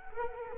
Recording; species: mosquito wingbeat signal from an infrared sensor; Culex quinquefasciatus